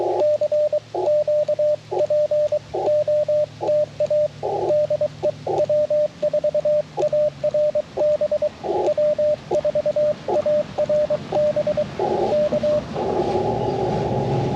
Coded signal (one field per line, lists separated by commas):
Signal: Morse code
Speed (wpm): 23 wpm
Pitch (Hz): 600 Hz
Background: radio noise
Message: CQ POTA DE W4ARB W4ARB K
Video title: Band Hopping w/ Elecraft T1 & PackTenna 9:1 - CW POTA Activation - 10/9/23 @ K-4451